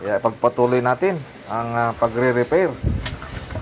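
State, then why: Seated. Someone talks while the plastic bowl (pitcher) of a Black and Decker food processor that won't spin is twisted onto its motor base during a repair. Two sharp clicks at 3.1 s and 3.2 s mark the bowl locking into place, and it is confirmed locked.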